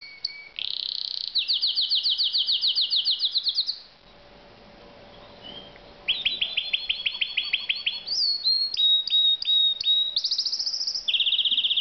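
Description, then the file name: Canary song: rapid rolling trills and repeated sweeping notes, a short quiet gap, then more fast trills, clipped chips and a final trill. "Uccello Canarino"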